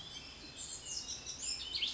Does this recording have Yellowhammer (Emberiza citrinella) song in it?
no